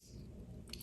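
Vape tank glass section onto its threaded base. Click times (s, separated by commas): 0.7 s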